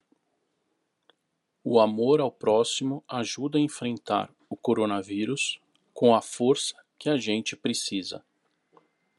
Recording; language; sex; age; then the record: spoken sentence; Brazilian Portuguese; male; 40 to 49 years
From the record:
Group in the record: control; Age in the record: 45 years